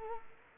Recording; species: mosquito wingbeat signal from an infrared sensor; Culex quinquefasciatus